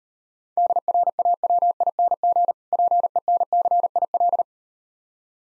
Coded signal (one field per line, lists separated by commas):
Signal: Morse code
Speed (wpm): 39 wpm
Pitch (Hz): 700 Hz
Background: none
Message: DRAWING PENCIL